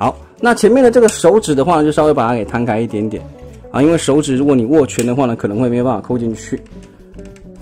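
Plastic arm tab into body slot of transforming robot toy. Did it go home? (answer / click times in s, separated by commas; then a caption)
yes / 7.1 s, 7.4 s. Someone talks over background music while pressing the plastic arm of a Zeus Magic Toy ZS01 Guardian of Universe transforming robot toy (an enlarged SS Shockwave) down into its body, with the fingers opened slightly so the arm can clip in instead of being blocked by a closed fist. Two faint clicks come at 7.1 s and 7.4 s as the arm's tab seats into the hole in the body, and the arm is clipped in.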